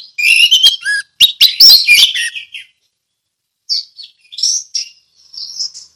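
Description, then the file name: Orange-headed thrush pouring out a loud, dense jumble of chirps and whistles, falling silent, then resuming with softer, sweet warbled notes. Ngeplong song style. "anis merah ngeplong"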